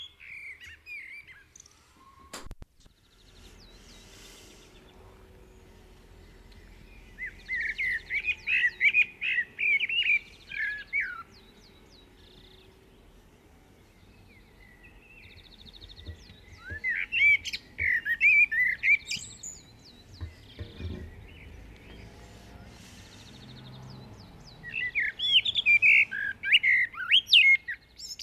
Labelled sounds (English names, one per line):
Common Blackbird song